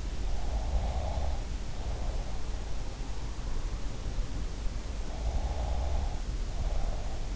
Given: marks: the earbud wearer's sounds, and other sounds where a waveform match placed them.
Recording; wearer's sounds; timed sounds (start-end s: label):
sounds in sleep by an in-ear microphone; breath
0.25-2.72 s: breath
5.06-7.36 s: breath